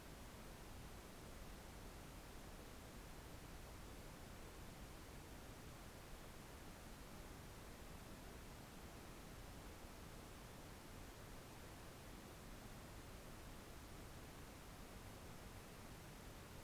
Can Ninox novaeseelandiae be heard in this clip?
no